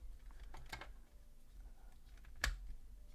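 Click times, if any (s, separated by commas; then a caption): 2.4 s. A plastic accessory piece is pressed by hand into the body of a Hasbro Marvel Legends Mojo action figure. A few faint handling taps come between 0.3 and 0.8 seconds, then a single sharp click at 2.4 seconds as the accessory pops into place and seats.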